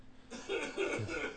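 Adult man, a studio engineer heard off-mic in a radio studio, still coughing a little during a lingering bronchial infection that spread among the radio hosts.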